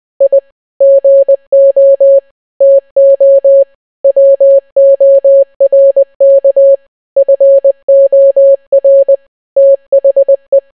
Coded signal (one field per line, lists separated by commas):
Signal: Morse code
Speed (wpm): 20 wpm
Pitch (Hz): 550 Hz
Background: none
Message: I GO TO WORK FOR THE